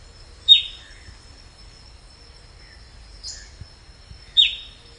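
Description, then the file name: Bird calls: three short, sharp downslurred notes, two close together near the end, over a steady high whine. "SABIOD 50 bird 2015"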